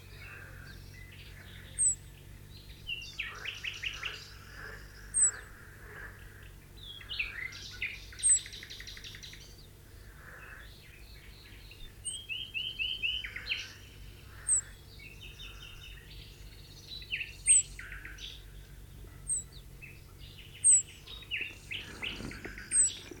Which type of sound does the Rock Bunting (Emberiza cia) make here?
call